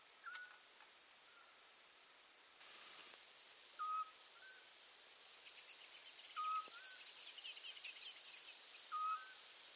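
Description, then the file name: Eurasian scops owl calling single mellow whistled notes at a steady spacing of about two and a half seconds, with faint high chirps from another bird in between. "Autillo europeo Otus scops"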